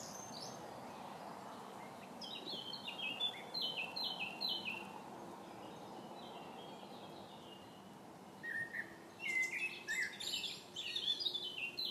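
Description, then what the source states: Bird song: bright twittering phrases of quick descending notes, one burst early and another lively run near the end, over faint background hiss. Recorded in 2015.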